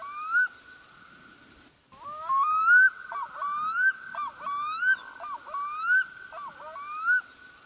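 Bird call series of upward-sliding whistles with ringing overtones, repeated roughly every second against a constant pitched tone.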